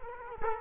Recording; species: mosquito wingbeat signal from an infrared sensor; Culex quinquefasciatus